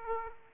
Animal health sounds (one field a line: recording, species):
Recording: mosquito wingbeat signal from an infrared sensor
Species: Aedes aegypti